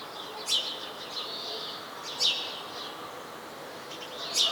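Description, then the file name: House sparrow chirps, three emphatic notes roughly every two seconds, amid continuous faint twittering. "Passer domesticus"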